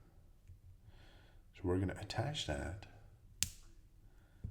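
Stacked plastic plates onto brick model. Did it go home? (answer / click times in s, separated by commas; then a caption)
yes / 3.4 s. Two stacked plastic oval plates are pressed onto a brick model while someone talks. A sharp snap at 3.4 s marks the plates clicking into place, seated on the build.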